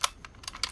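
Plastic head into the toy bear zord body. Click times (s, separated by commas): 0.0 s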